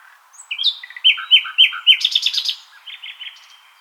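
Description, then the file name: Common nightingale song: a few rising whistles, a series of loud slurred notes, then a quick trill and softer repeated notes. "Luscinia megarhynchos"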